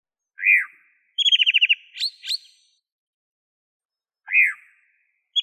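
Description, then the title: Bird song: a clear arched whistle, then a rapid run of about eight even notes and two sharp rising chirps, the whistle returning after a pause. "LuckyPassaros CompletosSama"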